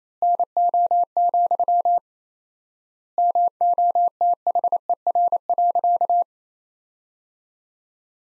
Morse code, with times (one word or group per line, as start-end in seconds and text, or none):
0.2-2.0 NO,
3.2-6.2 MOTHER.